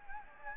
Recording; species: mosquito wingbeat signal from an infrared sensor; Anopheles gambiae